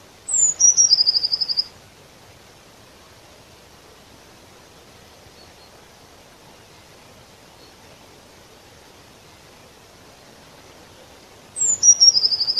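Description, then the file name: Eurasian blue tit calling at the start and again after a long pause of about ten seconds, each time a high thin slide into a fast trill. "Cyanistes caeruleus"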